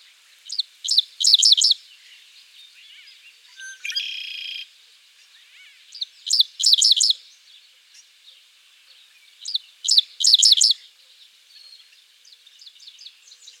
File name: Spiza americana - Dickcissel